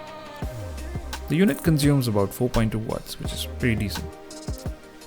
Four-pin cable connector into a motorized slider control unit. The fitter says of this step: tilt and this will snap into place